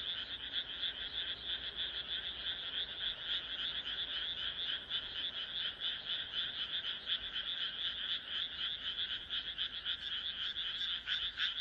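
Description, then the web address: Frogs croaking in a thick, fast chorus, dry pulses running together into an unbroken trill. "kaeru kaeru"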